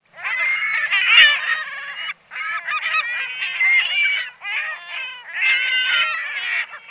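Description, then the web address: California gull giving harsh, rich-toned squealing calls in long bursts, overlapping and rising and falling, with short pauses between bouts. "Peterson North American Birds"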